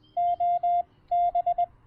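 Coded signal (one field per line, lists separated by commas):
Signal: Morse code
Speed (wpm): 20 wpm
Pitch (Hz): 690 Hz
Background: none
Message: OB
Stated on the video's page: Morse sent with a Palm Pico paddle on a Discovery TX-500 during a Parks On The Air activation.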